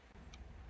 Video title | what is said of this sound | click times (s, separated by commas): Ideal Logic Plus Combi Boiler fails landlord gas safety certificate | right hook the fan onto the two lugs lovely click in place | 0.3 s